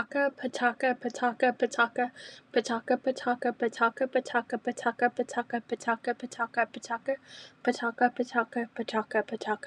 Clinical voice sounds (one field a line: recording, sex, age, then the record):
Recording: repeated syllables /pa ta ka/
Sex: female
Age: 20 to 29 years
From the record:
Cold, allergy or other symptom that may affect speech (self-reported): no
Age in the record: 20 years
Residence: Texas, United States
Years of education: 15